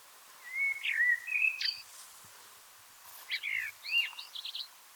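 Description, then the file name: Common blackbird song: two mellow fluted warbling phrases, the second ending in a higher squeaky twitter, with a quiet pause between them. "Turdus merula"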